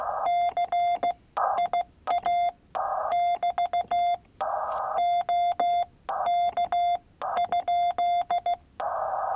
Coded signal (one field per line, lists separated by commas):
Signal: Morse code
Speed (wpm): 16 wpm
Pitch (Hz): 700 Hz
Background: none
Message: CIA <BT> OK?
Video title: Palm Pico Paddle key